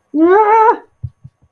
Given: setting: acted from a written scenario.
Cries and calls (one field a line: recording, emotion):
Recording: vocal sound without words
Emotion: fear